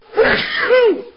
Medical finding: Sneeze achoo.